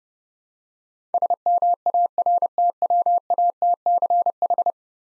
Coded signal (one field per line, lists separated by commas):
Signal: Morse code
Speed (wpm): 30 wpm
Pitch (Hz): 700 Hz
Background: none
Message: SMARTWATCH